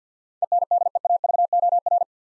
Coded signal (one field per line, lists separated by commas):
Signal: Morse code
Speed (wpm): 49 wpm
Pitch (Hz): 700 Hz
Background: none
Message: ENDEAVOR